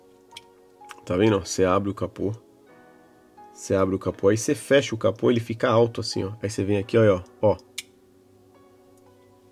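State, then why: Partly seated. An opening hood on a die-cast toy car body is pressed shut while someone talks, giving a sharp click at 7.8 s. The hood clicks but does not close fully, and its front stays raised.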